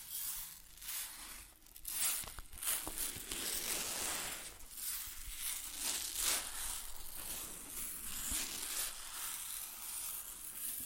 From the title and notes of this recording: ASMR Grain Sounds (No Talking).